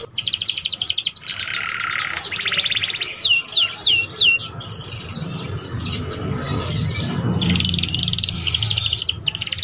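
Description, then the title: Canary song: rapid buzzy trills, a short run of falling whistled notes, then more rolling, rattling phrases that continue steadily. Song used to warm up Belgian canaries and to lure young canaries into singing and chattering quickly. "Canto Para Esquentar Canário Belga. SUARA KENARI PAUD CUIT CUIT BELAJAR BUNYI - pancingan kenari paud muda agar cepat bunyi dan ngeriwik"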